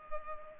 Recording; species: mosquito wingbeat signal from an infrared sensor; Culex pipiens